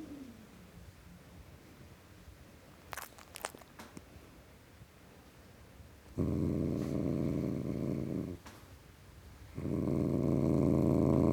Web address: The BBC Sound Effects Library - Complete 60 CDs Collection (Cats) Tom Cat Growling